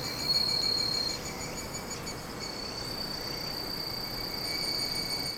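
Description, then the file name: Insect song as a continuous thin high-pitched drone, with a quieter lower tone alongside and faint hiss behind. "singing of insect"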